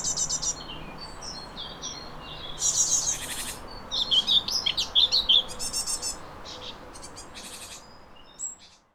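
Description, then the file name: Common whitethroat song: short, scratchy, chattering warbles of about a second, given in several bursts with pauses between, over a soft steady background hiss. "mezei poszata hangja"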